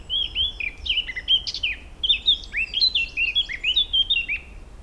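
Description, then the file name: Eurasian blackcap delivering a continuous, lively song of rich fluty whistles, rising and falling notes strung together quickly without pause. "Sylvia atricapilla"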